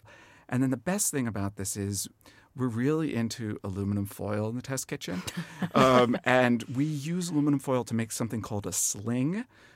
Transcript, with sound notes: And then the best thing about this is we're really into aluminum foil in the test kitchen.
(LAUGHTER)
And we use aluminum foil to make something called a sling.